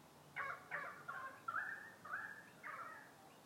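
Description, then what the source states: Currawong calling: a series of six ringing, harmonic notes, some drawn out, delivered in an uneven rhythm. Recorded among trees.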